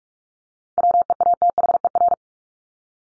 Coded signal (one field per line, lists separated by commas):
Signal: Morse code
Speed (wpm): 44 wpm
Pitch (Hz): 700 Hz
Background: none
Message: WEATHER